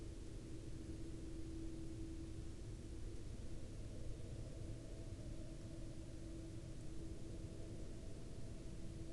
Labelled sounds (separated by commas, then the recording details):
aircraft
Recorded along the Dalton Highway, Alaska, on 2 April 2019 at 16:10
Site 08